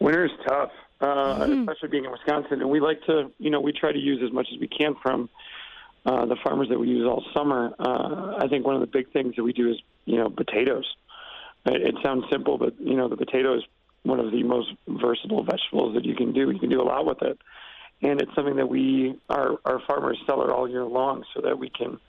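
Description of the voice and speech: A man talks fluently at an ordinary pace about cooking, with low-pitched voicing that repeatedly slips into creaky, crackly breaks on vowels and at phrase ends: intermittent creaky dysphonia from bulbar involvement in Kennedy's disease (spinal and bulbar muscular atrophy), a rare neuromuscular disease, about a year and a half after diagnosis.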